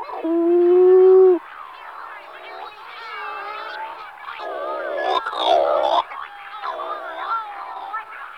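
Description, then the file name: Cory's shearwater calls: a long steady nasal tone, then wavering, harsh, harmonic-rich wailing notes that rise and fall and overlap through the rest. "Burnak sedy Calonectris diomedea"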